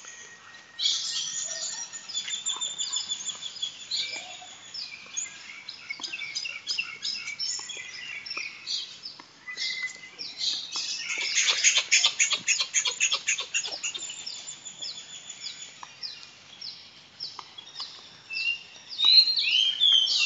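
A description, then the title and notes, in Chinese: Natural sounds of Shamei Island at dawn or dusk: a dense, overlapping chorus of high, bright bird chirps and tweets fills nearly the whole clip. Around the middle, a rapid run of repeated notes swells louder, and a sharp, sweeping call stands out near the end. 收集沙美岛晨昏的自然之声。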